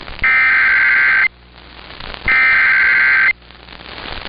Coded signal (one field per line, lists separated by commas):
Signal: Emergency Alert System (SAME) tones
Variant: header bursts